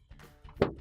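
A Kenmore washer control panel, tilted slightly forward, is pushed into the washer console during replacement of the 8181822 3-button set. Over soft background music, one sharp hit lands at 0.6 s as the panel locks into place.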